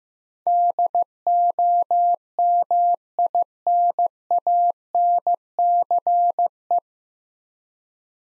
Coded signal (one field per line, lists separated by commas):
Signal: Morse code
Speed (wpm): 15 wpm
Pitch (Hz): 700 Hz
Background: none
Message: DOMINANCE